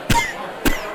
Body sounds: coughing mixed with background sound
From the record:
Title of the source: Coughing 51

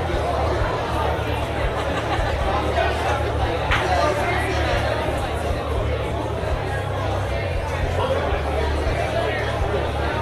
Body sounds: background sound without coughing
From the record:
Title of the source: CITY SOUNDS Busy Bar in the Evening Night - 2 HOURS of Ambiance for Relaxation

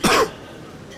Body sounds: coughing mixed with background sound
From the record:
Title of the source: Coughing 46

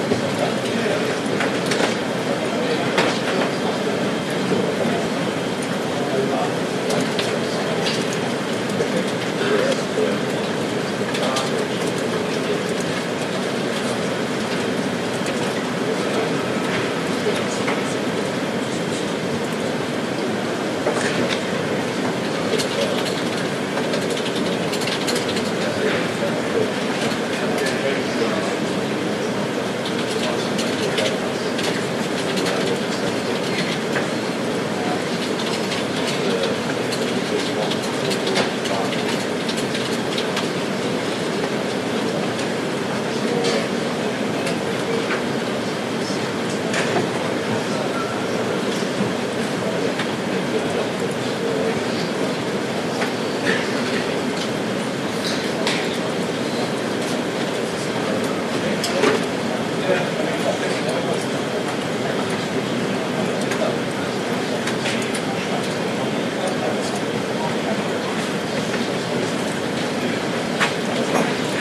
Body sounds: background sound without coughing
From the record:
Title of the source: Office Sounds Ambience - Background Noise for Study and Work

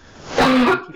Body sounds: coughing mixed with background sound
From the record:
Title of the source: Barking cough - # 10

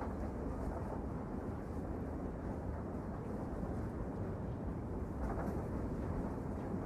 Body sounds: background sound without coughing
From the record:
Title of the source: Train Ride Ambience ambient white noise for sleeping, focus, studying, reading

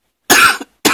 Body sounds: coughing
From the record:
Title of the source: 64 coughing, allergies, singing lungs

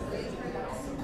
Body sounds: background sound without coughing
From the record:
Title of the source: 60 minutes of coffee shop sounds for study and concentration

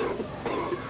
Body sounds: coughing mixed with background sound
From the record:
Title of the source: Coughing 77

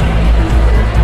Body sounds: background sound without coughing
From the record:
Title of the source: Party Noise 1 Hour Party Ambience

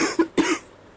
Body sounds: coughing mixed with background sound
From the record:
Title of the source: 34 coughing up crap again

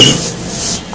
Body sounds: coughing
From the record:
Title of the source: Spring Cold Coughing.

